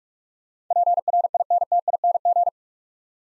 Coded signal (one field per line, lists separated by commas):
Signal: Morse code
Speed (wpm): 44 wpm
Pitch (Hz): 700 Hz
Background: none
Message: PRINTING